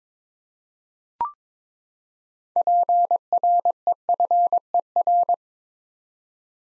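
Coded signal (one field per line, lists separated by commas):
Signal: Morse code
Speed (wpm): 22 wpm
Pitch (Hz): 700 Hz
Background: none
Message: PREFER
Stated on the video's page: Head-copy practice of six-letter words at 22 wpm.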